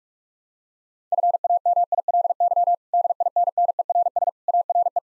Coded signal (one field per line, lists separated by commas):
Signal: Morse code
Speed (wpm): 43 wpm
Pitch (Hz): 700 Hz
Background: none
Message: FAMILY DINNERS ARE